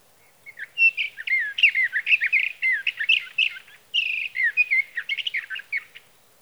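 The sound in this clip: Sage thrasher singing a sustained, rapid stream of warbling notes that twist up and down, with a brief break near the middle before the jumble resumes.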